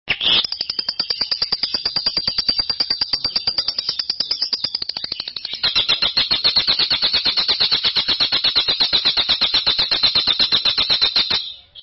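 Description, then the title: Long-tailed shrike song: a sustained, rapid, harsh chattering rattle, high and buzzy, running over eleven seconds and growing louder about halfway through. Champion songbird. "Kicau Burung Cendet Juara"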